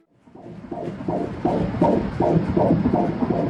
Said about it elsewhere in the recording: That sound of preborn baby's heartbeat. We showed the live 4D ultrasound of a preborn baby on those big screens in Times Square.